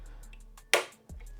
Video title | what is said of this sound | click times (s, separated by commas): Building a Gaming PC in 2025 Is Easier Than You Think! | And then that snaps in place there. | 0.7 s